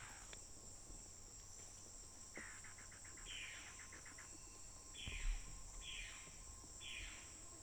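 Bird sounds: a short rapid trill of clicking notes, then three downslurred calls spaced under a second apart, with a continuous high insect buzz behind.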